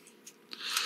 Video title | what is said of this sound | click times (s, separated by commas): Transformers review Fans Toys Smokey aka Drag Strip | And then this will come around and lock into place. | 0.5 s